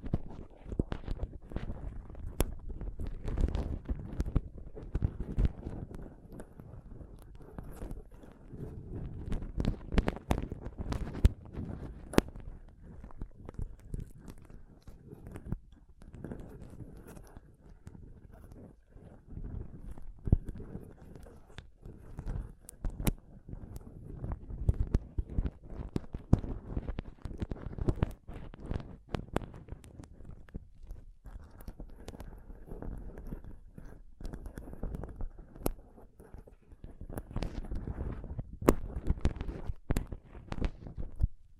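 Scratching and touching sounds on a microphone run without pause, dense and rough, with many sharp clicks and taps throughout. The rubbing is mostly low and muffled, with brighter crackles spiking now and then. Busier stretches come near the start and around 35–40 seconds.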